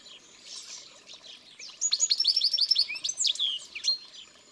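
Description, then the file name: European goldfinch twittering song, quick tinkling high notes in a lively jumbled run that grows louder halfway through over a soft background hiss. Often in flocks; chatty birds that twitter constantly with varied, pretty notes, as if talking to each other. "le chardonneret elegant"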